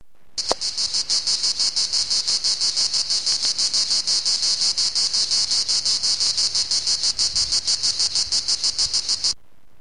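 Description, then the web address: Cicada song: a loud, harsh, high buzzing, rapidly pulsed, steady for about nine seconds before cutting off abruptly. "cigale. jayjay"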